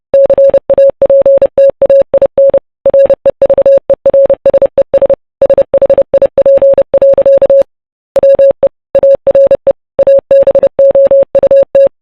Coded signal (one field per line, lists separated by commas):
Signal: Morse code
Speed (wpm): 29 wpm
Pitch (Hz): 550 Hz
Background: none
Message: CAPTAIN REVERSES SHIP. WE ARE ABOUT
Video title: RMS Titanic Morse Code Chat Logs (With VS7 Ships)